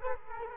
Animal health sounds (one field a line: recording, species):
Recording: mosquito wingbeat signal from an infrared sensor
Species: Culex quinquefasciatus